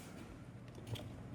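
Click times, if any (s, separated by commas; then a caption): none. A small plug-in GPS module is handled at the only cable-less internal port of a Yaesu FTX-1 Optima transceiver. There is a quiet, steady low rustle with a faint brief tap at about 0.7 s. Nothing has seated or clicked into the port yet.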